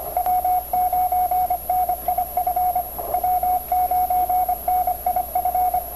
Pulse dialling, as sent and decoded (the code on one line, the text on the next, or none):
none